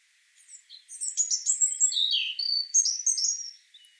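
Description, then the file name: European robin delivering a rapid cascade of high, sweet notes that tumble down, then climb again into clear whistled trills. "Erithacus rubecula"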